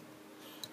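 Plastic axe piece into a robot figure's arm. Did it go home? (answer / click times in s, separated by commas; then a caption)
yes / 0.6 s. A plastic axe piece is put back into a robot figure's arm, where it usually locks in place well. A single sharp tick at 0.6 s marks the axe seating firmly into the arm.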